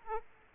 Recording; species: mosquito wingbeat signal from an infrared sensor; Aedes aegypti